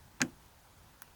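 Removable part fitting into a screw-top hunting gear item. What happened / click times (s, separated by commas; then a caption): The fitted part clicked into place / 0.2 s. A removable part is fitted into an unscrewed hunting gear item and snaps into place with a sharp, bright click at 0.2 s. A much fainter tick follows at about 1.0 s. The part is seated.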